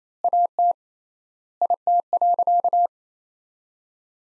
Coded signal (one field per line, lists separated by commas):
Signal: Morse code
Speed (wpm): 28 wpm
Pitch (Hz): 700 Hz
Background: none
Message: AT IT.